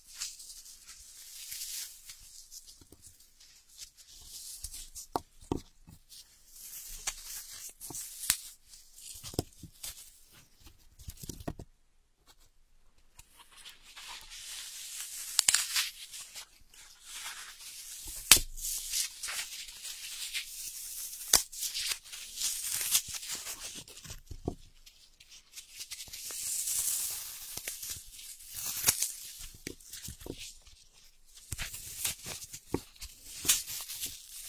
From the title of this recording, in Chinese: 抠耳朵